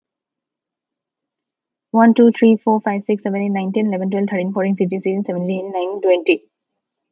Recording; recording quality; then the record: counting at a fast pace; excellent, no background noise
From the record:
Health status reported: healthy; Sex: female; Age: 32 years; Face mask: not worn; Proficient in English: yes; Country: United States